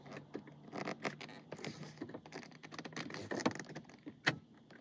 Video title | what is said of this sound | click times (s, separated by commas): How to Install CARPLAY LEXUS CT 2011, 2012, 2013 ,2014, 2015, 2016, 2017 | can kind of hear it click | 4.3 s